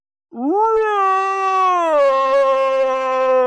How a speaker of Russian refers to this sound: Взвыло чудище, и буревестник почувствовал, как заломило виски.